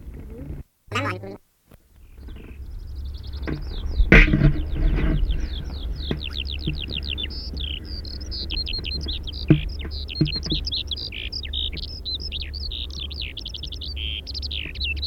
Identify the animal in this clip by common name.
Eurasian Skylark